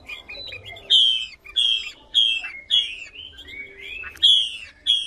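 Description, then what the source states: Chinese hwamei song: bold downslurred whistles repeated at irregular intervals, mixed with sliding warbled notes. Female hwamei singing.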